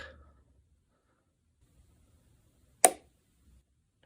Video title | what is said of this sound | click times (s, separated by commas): Bobbin Winding on the Janome 15000 (9450/9400, S9, S7 too) | hopefully you heard that click i'm going to do it again | 2.8 s